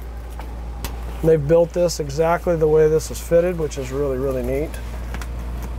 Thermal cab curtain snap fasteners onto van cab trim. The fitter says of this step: so as you can see these just snap right in okay they've built this exactly